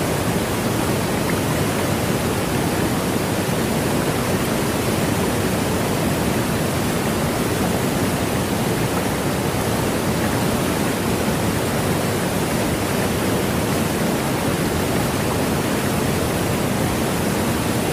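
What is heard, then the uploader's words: A waterfall pours in a dense, unbroken rush that stays steady for the whole stretch, with no separate splashes or pauses. The roar is full, weighted toward a deep churning low end with a softer hiss spread above it. Waterfall.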